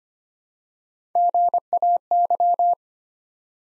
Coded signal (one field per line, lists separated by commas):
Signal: Morse code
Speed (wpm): 25 wpm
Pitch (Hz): 700 Hz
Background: none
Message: GAY